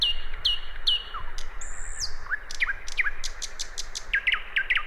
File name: Luscinia megarhynchos